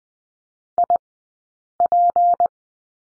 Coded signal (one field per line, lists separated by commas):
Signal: Morse code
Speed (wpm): 20 wpm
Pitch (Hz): 700 Hz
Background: none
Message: IP